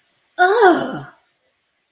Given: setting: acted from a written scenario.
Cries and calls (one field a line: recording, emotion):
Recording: vocal sound without words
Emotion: disgust